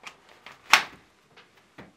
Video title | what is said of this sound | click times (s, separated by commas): Preview Radar RDC & URSS Waffenholster für Pistole HK P8 / P30 und weitere Dienstwaffen | auch bei diesem System kann das Holzer durch Drücken rotiert und wieder eingerastet werden | 0.7 s